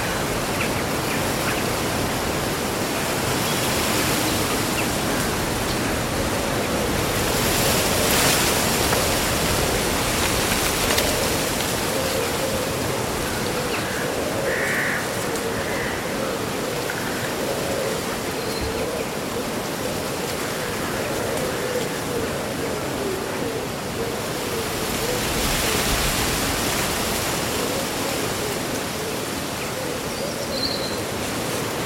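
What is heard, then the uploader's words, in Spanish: Summer wind rustles through leaves in a dense, steady wash, swelling in gusts around eight and twenty-six seconds, with faint brief bird chirps. Un bosque bañado por el sol.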